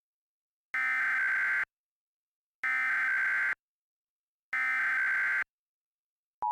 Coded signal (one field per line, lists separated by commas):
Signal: Emergency Alert System (SAME) tones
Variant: header bursts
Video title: EAS Mock #2 "Fazbear's Escape"